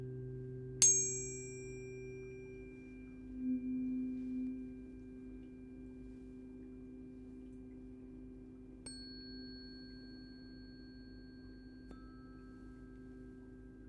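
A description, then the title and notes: Tuning forks are struck near 1 and 9 seconds, each sharp ping ringing into long, steady pure tones over a low, soft hum. In this track she held one or two forks at the same time- sometimes in one ear, sometimes in both- creating this enveloping sound that pierces the brain. As the strike of the forks by a rubber mallet activate them, the room slowly disappears as they come closer to your ears for a few seconds.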